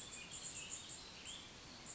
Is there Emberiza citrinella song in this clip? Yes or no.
no